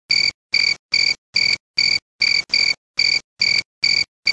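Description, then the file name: Cricket calling with a steady series of ringing, metallic chirps about half a second apart, every pulse at the same high pitch. "crystal-cricket omkicau"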